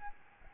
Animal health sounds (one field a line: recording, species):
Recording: mosquito wingbeat signal from an infrared sensor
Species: Aedes albopictus